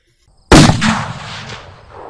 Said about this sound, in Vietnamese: Hàng loạt tiếng nổ từ dưới mặt đất phát ra. Kế đó từ đồng tiền ngũ đế, dưới sức ép của đậu đồng phát nổ bắn tung lên, đánh thẳng lên người đám miêu yêu.